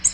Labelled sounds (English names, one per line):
Nashville Warbler flight call